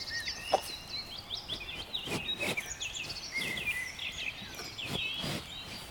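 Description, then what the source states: Cattle tearing grass with repeated rough crunching bites, while several birds sing and chirp in the background. Cattle grazing, eating grass.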